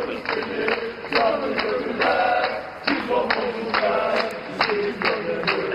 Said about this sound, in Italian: ieri sera intanto all'aeroporto di Istanbul c'erano, sì, i tifosi del Galatasaray che lo aspettavano.